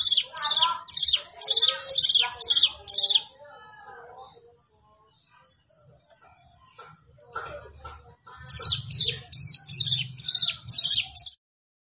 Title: Ciblek Sawah